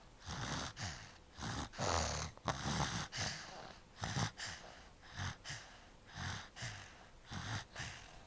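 Rapid, irregular snorting breath noises with a low rattling rumble recur roughly every half second, some bursts longer and harsher than others. This is an adult snoring, a vibration of the soft tissues of the throat during sleep.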